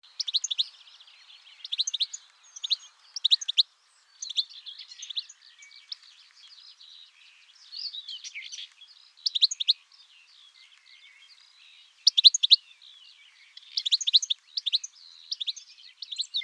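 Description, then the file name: European goldfinch calls: high, liquid twittering with tinkling, buzzy notes in quick bursts, broken by short pauses, continuing throughout. "Carduelis carduelis"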